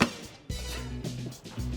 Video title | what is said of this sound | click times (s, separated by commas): Epic Mountain Trails, Canyon Rides & Jeep Addax Trailer | And then it locks into place. | 0.0 s